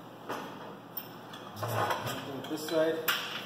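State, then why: Not seated. A side frame of a metal folding ATV Backpacker cart/trailer is being handled and pushed down toward its latch while someone talks. A brief sharp knock sounds at about 1.0 s amid faint rustling and handling noise, but nothing has seated or clicked yet.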